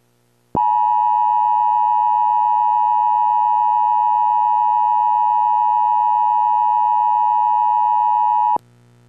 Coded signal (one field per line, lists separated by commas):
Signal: Emergency Alert System (SAME) tones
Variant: 853 and 960 Hz attention tone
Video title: EAS severe thunderstorm warning issued for texas